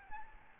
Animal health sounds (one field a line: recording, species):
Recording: mosquito wingbeat signal from an infrared sensor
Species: Aedes albopictus